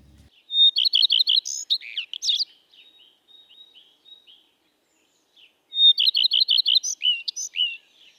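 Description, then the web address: Common redstart singing two phrases, each an initial whistle then rapid repeated notes and a mixed, scratchy ending, separated by soft scattered notes. "bioakusztika bioakusztika kertirozsdafarku"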